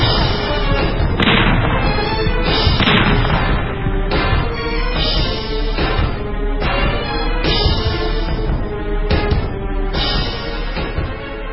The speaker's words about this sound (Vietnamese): Pháo từ một cái chốt bên kia sông, bắt đầu khạc nhổ tứ tung.